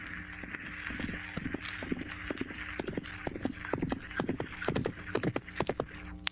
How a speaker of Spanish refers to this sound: Pues vete en el caballo corriendo. Puede que todavía lo alcances.